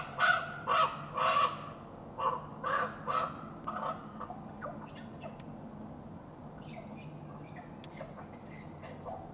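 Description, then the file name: Common raven giving several coarse croaking caws in the first few seconds, then fading into quieter scattered clicks and faint chirps. A single raven cawing. "Solitary Raven Cawing"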